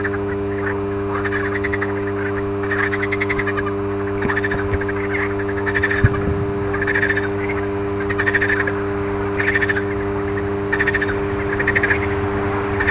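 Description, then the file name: Frogs give pulsed, rattling croaks in regular bursts, with a steady electrical hum and a couple of brief low thumps midway. Frogs recorded alongside an electrical transformer's hum. "grenouilles et transformateur"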